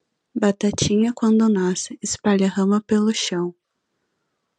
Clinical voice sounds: short text; Brazilian Portuguese; female; 20 to 29 years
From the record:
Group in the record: control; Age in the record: 22 years

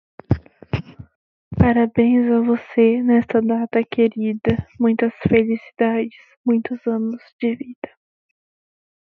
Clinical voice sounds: short text; Brazilian Portuguese; female; 20 to 29 years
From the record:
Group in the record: control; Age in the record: 22 years

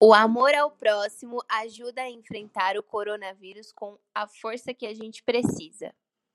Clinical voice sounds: spoken sentence; Brazilian Portuguese; female; 20 to 29 years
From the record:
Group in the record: control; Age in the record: 20 years

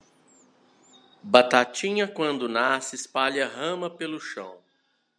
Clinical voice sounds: short text; Brazilian Portuguese; male; 40 to 49 years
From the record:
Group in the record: control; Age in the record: 47 years

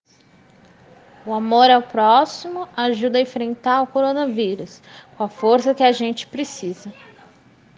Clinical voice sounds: spoken sentence; Brazilian Portuguese; female; 30 to 39 years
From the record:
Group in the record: respiratory insufficiency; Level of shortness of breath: 5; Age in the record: 36 years

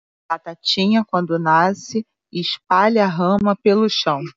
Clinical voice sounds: short text; Brazilian Portuguese; female; 40 to 49 years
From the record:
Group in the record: control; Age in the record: 41 years

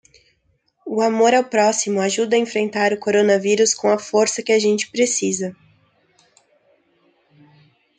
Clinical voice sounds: spoken sentence; Brazilian Portuguese; female; 20 to 29 years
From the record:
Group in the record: control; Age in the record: 20 years

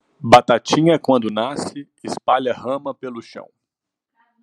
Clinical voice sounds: short text; Brazilian Portuguese; male; 30 to 39 years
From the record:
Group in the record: control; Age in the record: 35 years

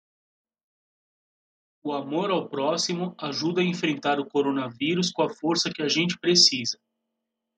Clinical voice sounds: spoken sentence; Brazilian Portuguese; male; 40 to 49 years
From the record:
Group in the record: control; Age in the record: 49 years

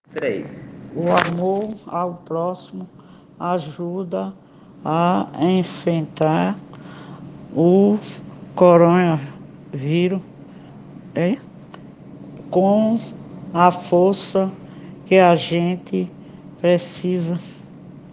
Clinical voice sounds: spoken sentence; Brazilian Portuguese; female; 60 to 69 years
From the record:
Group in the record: respiratory insufficiency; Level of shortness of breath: 5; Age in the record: 67 years

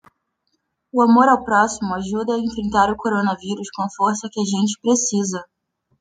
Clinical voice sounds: spoken sentence; Brazilian Portuguese; female; 20 to 29 years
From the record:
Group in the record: control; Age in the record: 26 years

